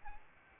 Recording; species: mosquito wingbeat signal from an infrared sensor; Aedes albopictus